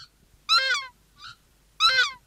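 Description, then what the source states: Takahe duet calls: two loud, harsh, goose-like honking bursts with a softer honk between them. Pair duet calls that drive intruders from the territory; the more synchronous the calls, the stronger the pair bond; calls carry over long distances; sound a bit like a goose honking.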